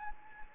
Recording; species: mosquito wingbeat signal from an infrared sensor; Anopheles gambiae